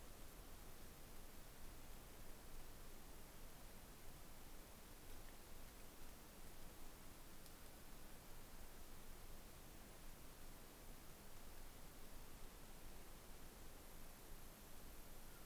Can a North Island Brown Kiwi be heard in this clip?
no